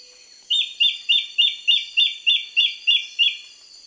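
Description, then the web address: Immaculate antbird song: a series of ten loud, evenly spaced whistled notes, each with a slight downward slur, delivered about three per second. Ecuador. "Natures Songs S America Birds of Ecuador Immaculate Antbird"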